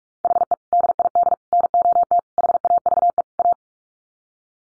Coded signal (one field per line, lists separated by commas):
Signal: Morse code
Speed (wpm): 44 wpm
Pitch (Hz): 700 Hz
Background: none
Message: HE DID NOT HAVE A